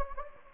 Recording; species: mosquito wingbeat signal from an infrared sensor; Anopheles gambiae